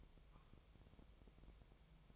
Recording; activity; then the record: daily activity, microphone in the room; take from stove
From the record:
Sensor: 1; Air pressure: 999.4 hPa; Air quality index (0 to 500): 201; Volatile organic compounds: 43 ppm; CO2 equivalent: 3189 ppm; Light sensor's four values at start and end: 9/22/8/9 and 9/22/8/9